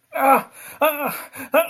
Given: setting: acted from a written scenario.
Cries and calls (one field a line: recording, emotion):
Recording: vocal sound without words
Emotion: pain